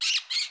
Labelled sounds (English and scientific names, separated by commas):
Brown-throated Parakeet (Eupsittula pertinax) contact call